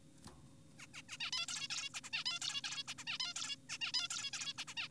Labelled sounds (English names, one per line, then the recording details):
Zebra Finch
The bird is an adult
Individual g4p5U